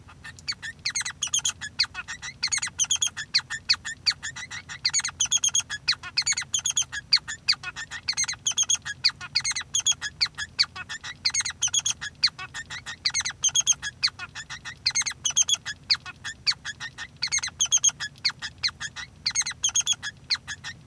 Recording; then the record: song of a male Bengalese finch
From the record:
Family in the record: son of father 3